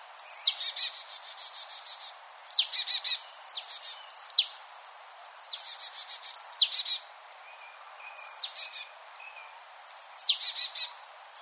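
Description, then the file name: Marsh tit calls repeated several times, each a sharp high descending note or two trailed by a string of rapid, buzzy chattering notes. "Poecile palustris"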